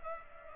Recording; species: mosquito wingbeat signal from an infrared sensor; Culex pipiens